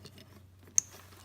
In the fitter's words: Click, there it is.